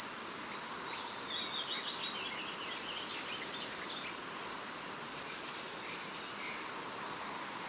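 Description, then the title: Eurasian penduline tit giving thin, high, descending whistled calls, each drawn out about half a second, repeated roughly every two seconds, with faint twittering of other birds behind. "La Mésange rémiz (Remiz pendulinus)"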